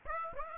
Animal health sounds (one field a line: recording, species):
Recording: mosquito wingbeat signal from an infrared sensor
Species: Aedes aegypti